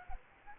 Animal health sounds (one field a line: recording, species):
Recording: mosquito wingbeat signal from an infrared sensor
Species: Aedes aegypti